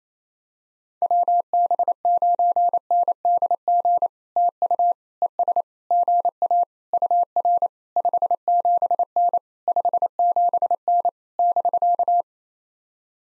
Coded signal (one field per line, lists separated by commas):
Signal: Morse code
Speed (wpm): 28 wpm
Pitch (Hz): 700 Hz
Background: none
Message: WB9NDG TU ES GA UR 57N 57N <BK>